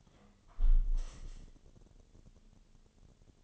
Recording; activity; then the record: daily activity, microphone in the room; close window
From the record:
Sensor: 4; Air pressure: 1015.7 hPa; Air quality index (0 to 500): 83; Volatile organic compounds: 1 ppm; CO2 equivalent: 917 ppm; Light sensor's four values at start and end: 9/20/8/7 and 9/20/8/7